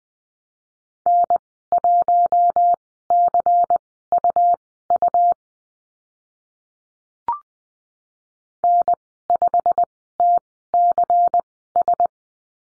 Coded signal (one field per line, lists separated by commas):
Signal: Morse code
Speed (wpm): 20 wpm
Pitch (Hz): 700 Hz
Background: none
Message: N1CUU N5TCS